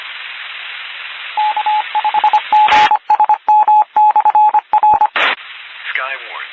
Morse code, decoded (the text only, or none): K5GSM/R